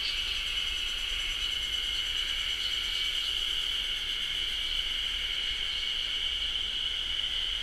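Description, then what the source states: Ezo haru cicadas droning in an unbroken high chorus, steady and unvarying throughout. Chorus in a beech forest, Japan; recorded with a ZOOM H6.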